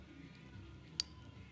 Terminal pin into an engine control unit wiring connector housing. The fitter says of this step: see if you heard that click